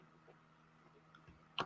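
A drive part for a Voron 2.4r2 3D printer, sitting too high on one side of its frame mount, is pushed down on that side. After a quiet stretch with a faint tick at 1.1 s, a sharp, loud click lands at 1.6 s as the part seats in its mount.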